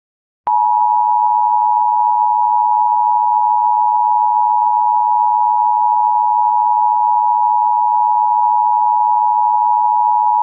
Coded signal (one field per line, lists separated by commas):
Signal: Emergency Alert System (SAME) tones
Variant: 853 and 960 Hz attention tone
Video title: Qubo (REMASTERED) - An EAS Scenario